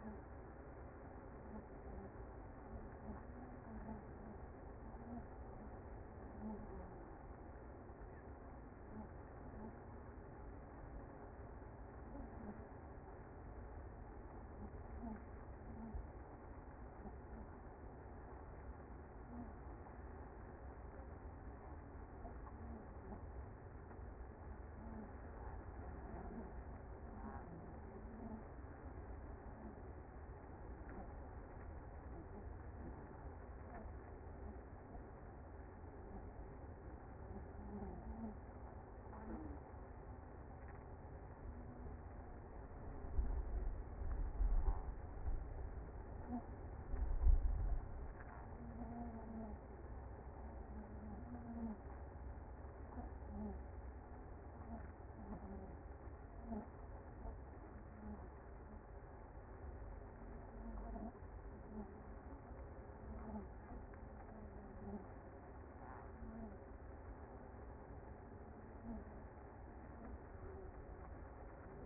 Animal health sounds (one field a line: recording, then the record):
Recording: honeybee colony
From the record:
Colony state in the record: active